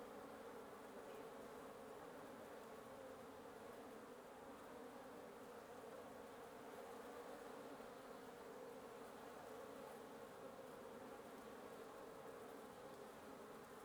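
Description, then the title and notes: Wasp buzzing heard as a smooth, persistent low hum of a crowded nest, level and uninterrupted from start to finish. Wasp nest under the roof of the recordist's residence at 1a Avenida Norte 19, Antigua Guatemala, Guatemala; recorded in the morning. "1a Avenida Nte 19, Antigua Guatemala, Guatemala - Un nid de guêpes. Un nid de guêpes sous le toit de ma résidence. Prise de sons (matinale) : JF CAVRO"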